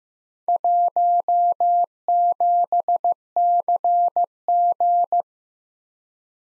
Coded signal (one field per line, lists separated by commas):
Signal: Morse code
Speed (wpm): 18 wpm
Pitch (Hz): 700 Hz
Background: none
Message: 17CG